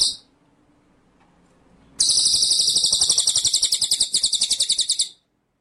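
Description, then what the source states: White-rumped shama song: a brief high note, a quiet gap, then a sustained rattling trill of fast, even pulses lasting about three seconds before cutting off. Masteran training track of full 'ngerol' (rolling) and 'nembak' (shooting) song styles.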